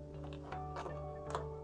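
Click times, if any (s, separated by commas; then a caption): none. The lower piece of a two-piece plastic oral appliance is handled and fitted toward the lower jaw of a teeth model, making soft ticks and light knocks around 0.3, 0.5, 1.3 and 1.4 seconds over a steady background hum. Nothing has seated or clicked into place yet.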